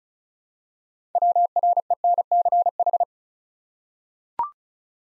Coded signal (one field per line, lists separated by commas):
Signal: Morse code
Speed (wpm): 36 wpm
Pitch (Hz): 700 Hz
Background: none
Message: WRENCH